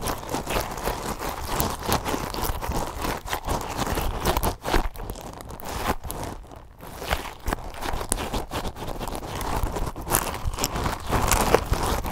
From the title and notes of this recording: ASMR very intense fast & aggressive triggers (lots of mic contact).